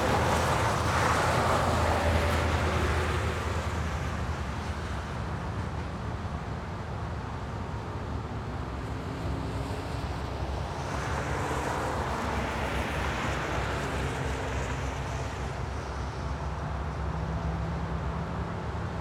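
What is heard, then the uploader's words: Traffic on a wet road, a dense continuous rumble with a hissing wash of tyres on water. Passing vehicles swell and fade, most noticeably around the start and again near eleven to fourteen seconds, while a low engine drone persists underneath. Wet Road Traffic.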